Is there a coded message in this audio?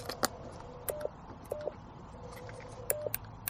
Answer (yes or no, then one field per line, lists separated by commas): no